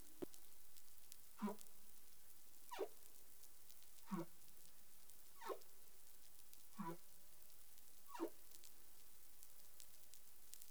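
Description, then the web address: Humpback whale sounds: short grunting pulses repeated roughly every one to one and a half seconds, with faint rising tones between them, over a steady hissing background. Recorded 20 April 2021 at 03:56:42 UTC. "humpback whale 20210420 035642 UTC"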